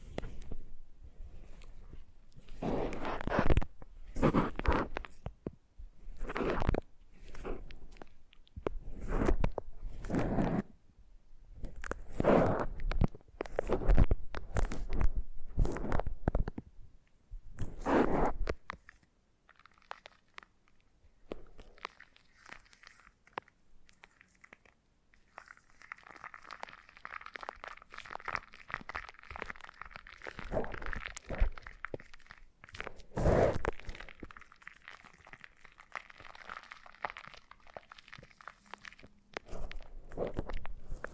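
Foam massage with rhythmic squeaky rubs and crunchy pressings, denser in the first half, then softer rustling with a steady squeak-like tone.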